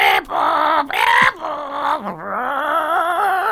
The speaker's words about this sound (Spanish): Sin embargo, cuando los primeros rayos del sol estallan sobre la copa de los árboles, la selva se convierte en un jolgorio. Hay parloteo de loros en el aire.